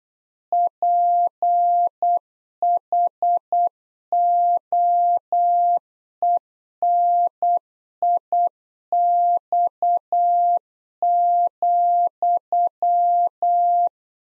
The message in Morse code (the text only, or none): PHOENIX,